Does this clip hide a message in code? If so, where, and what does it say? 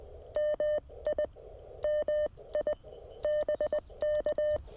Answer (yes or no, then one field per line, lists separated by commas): yes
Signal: Morse code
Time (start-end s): 0.4-4.6 s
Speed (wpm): 20 wpm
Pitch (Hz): 600 Hz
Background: none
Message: MI MI BK